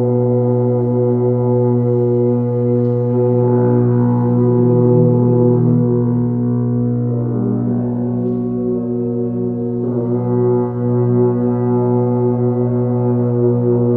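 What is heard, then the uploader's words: Earth horns blare a low, sustained drone with stacked overtones, over a steady electronic hum, with shifting swells around four to eight seconds. Earth Horns with Electronic Drone.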